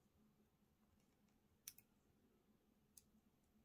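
The second antenna lead's small coaxial connector is pressed onto the WiFi card socket, the same way as the first, against a quiet low hum. A sharp click at 1.7 s marks it seating, followed by a fainter tick at 1.8 s and another small click at 3.0 s. The connector is seated.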